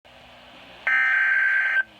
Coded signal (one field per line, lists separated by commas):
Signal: Emergency Alert System (SAME) tones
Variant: header bursts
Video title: NOAA Weather Radio EAS Alert #36 (Severe Thunderstorm Warning)